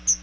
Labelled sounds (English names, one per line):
Chestnut-sided Warbler flight call